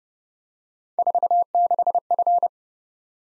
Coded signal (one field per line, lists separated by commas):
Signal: Morse code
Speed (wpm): 30 wpm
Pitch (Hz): 700 Hz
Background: none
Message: 46F